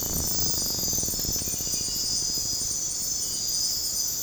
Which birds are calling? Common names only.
none